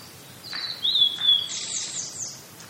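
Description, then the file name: Blue-and-white flycatcher song: one brief high whistled phrase, rising then falling. "oruri"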